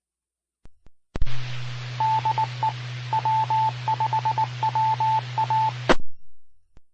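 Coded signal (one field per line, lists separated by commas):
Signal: Morse code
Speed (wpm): 19 wpm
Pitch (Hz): 880 Hz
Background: radio noise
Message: DE W5WA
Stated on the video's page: Repeater signal from Mississippi Gulf Coast repeaters.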